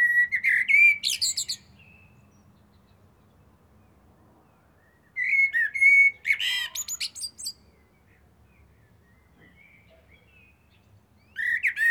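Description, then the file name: Eurasian blackbird singing three separate phrases several seconds apart, each a rich warbled whistle running into thin, high squeaky twittering, with a low background hum. "Turdus merula"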